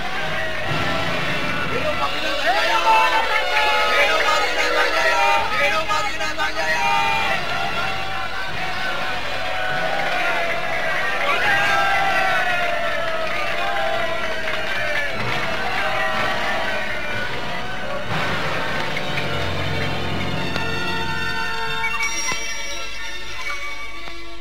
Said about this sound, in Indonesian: Dan kemudian beberapa orang pembantunya menyebar keluar istana, menjelaskan pada para penduduk yang berkumpul ramai di luar. Dan beberapa saat saja, teriakan puji-puja menggemuruh di sekitar keraton Mandini.